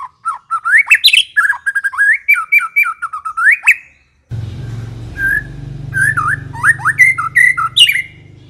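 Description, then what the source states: White-rumped shama song: rapid series of rich whistled and slurred notes rising and falling between mid and high pitch, a brief pause, then more varied phrases over a low hum. Long-duration song used as a lure (pikat) for attracting birds.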